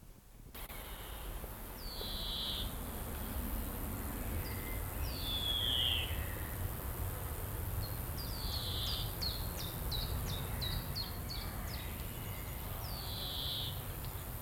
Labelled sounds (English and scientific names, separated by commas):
European Greenfinch (Chloris chloris) call